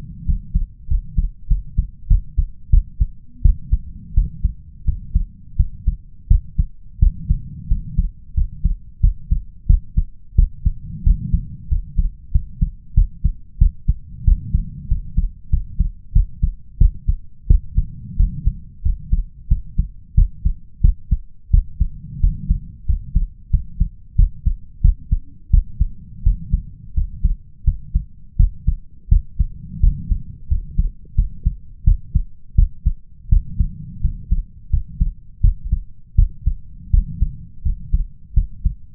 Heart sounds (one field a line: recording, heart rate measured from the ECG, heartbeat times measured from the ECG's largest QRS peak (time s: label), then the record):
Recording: heart sounds by stethoscope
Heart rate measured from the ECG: 88 bpm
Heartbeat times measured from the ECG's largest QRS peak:
0.25 s: heartbeat
0.87 s: heartbeat
1.47 s: heartbeat
2.07 s: heartbeat
2.69 s: heartbeat
3.41 s: heartbeat
4.13 s: heartbeat
4.84 s: heartbeat
5.56 s: heartbeat
6.27 s: heartbeat
6.99 s: heartbeat
7.67 s: heartbeat
8.34 s: heartbeat
9.00 s: heartbeat
9.66 s: heartbeat
10.35 s: heartbeat
11.03 s: heartbeat
11.68 s: heartbeat
12.31 s: heartbeat
12.94 s: heartbeat
13.58 s: heartbeat
14.24 s: heartbeat
14.87 s: heartbeat
15.49 s: heartbeat
16.12 s: heartbeat
16.77 s: heartbeat
17.47 s: heartbeat
18.16 s: heartbeat
18.82 s: heartbeat
19.47 s: heartbeat
20.14 s: heartbeat
20.81 s: heartbeat
21.50 s: heartbeat
22.20 s: heartbeat
22.85 s: heartbeat
23.50 s: heartbeat
24.15 s: heartbeat
24.81 s: heartbeat
25.50 s: heartbeat
26.22 s: heartbeat
26.93 s: heartbeat
27.64 s: heartbeat
28.36 s: heartbeat
29.08 s: heartbeat
29.79 s: heartbeat
30.47 s: heartbeat
31.14 s: heartbeat
31.83 s: heartbeat
32.55 s: heartbeat
33.28 s: heartbeat
34.00 s: heartbeat
34.69 s: heartbeat
35.40 s: heartbeat
36.15 s: heartbeat
36.90 s: heartbeat
37.62 s: heartbeat
38.33 s: heartbeat
From the record:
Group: healthy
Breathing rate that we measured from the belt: 16 breaths a minute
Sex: male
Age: 21 years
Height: 180 cm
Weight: 67.5 kg